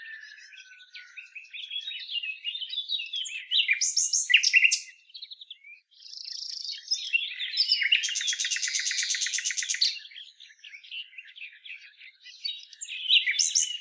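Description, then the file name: Common nightingale song: varied chattering phrases, a short pause, then a long loud machine-gun trill of rapid repeated notes followed by more mixed whistles. "Luscinia megarhynchos"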